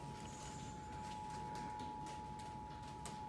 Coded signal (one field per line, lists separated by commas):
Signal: Emergency Alert System (SAME) tones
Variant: 853 and 960 Hz attention tone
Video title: Tornado Warning from the Salvation Army (EAS #33)